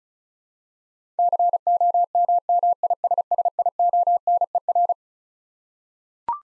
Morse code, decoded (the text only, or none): COMMISSIONER